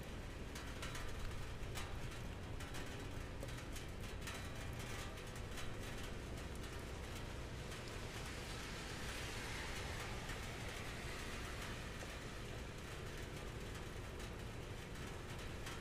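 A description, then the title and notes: A rainy day in a city neighborhood: a steady, dense wash of rain and wet street noise fills the whole clip at an even level. Traffic rumbles low underneath, with a passing vehicle swelling briefly around the middle before the hiss settles back. A rainy day in North Beach.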